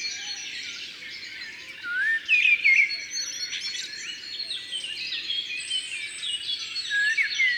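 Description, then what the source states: Song thrush song: a louder whistled and slurred phrase stands out around the middle over a dense, continuous chorus of many other songbirds. Recorded in Ardèche, France.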